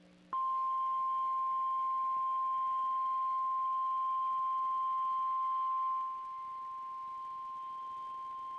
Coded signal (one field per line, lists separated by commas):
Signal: Emergency Alert System (SAME) tones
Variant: 1050 Hz attention tone